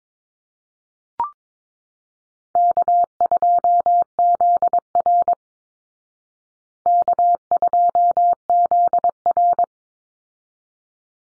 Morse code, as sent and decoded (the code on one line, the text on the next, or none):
-.- ..--- --.. .-. / -.- ..--- --.. .-.
K2ZR K2ZR